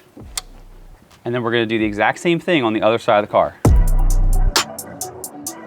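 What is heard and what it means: A wiring harness plug is pushed into the plastic socket on the back of an M5 headlight during a CSL yellow daytime running light upgrade, and it clicks in sharply at 0.4 s, so the connector is seated. Someone then talks as music starts, followed by a run of sharp taps and clicks near the end.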